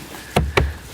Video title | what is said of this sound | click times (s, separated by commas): C7 Corvette: Uniden R7 - Hardwire Install | This all snapped back into place. | 0.4 s, 0.6 s